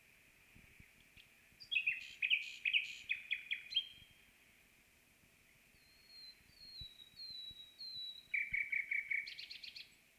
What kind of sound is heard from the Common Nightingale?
song